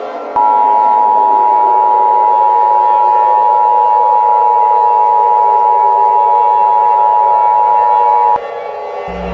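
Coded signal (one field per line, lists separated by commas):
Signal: Emergency Alert System (SAME) tones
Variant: 853 and 960 Hz attention tone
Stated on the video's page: Simulated EAS mock of a PDS tornado warning, made for entertainment and not produced with actual EAS equipment.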